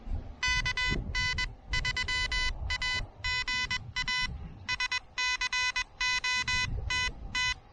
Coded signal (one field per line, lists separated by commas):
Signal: Morse code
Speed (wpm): 21 wpm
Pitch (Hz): 2000 Hz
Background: none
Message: KN3AGA SCOTT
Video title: The New Elecraft KH1: First pedestrian mobile POTA activation!